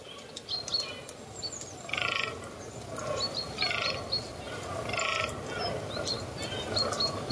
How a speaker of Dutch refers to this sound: In de waterleiding Duinen bij Zandvoort is de damhertenbronst op zijn hoogtepunt. Het valt Bob Dofferhof op dat de vrouwtjes tussen het mannengeburrel door kleine knerpgeluidjes maken.